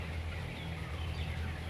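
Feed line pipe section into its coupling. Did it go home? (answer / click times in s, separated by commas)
no / none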